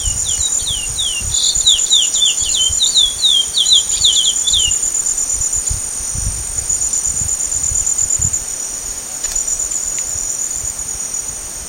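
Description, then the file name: Chestnut-bellied seed finch song, a rapid run of slurred whistles for about five seconds, over a steady high insect drone. Recorded at Sertão, Mongaguá, São Paulo state, Brazil, on 5 February 2015. "Sporophila-angolensis-Sertao Mongagua SP-5-2-15-ASilveira"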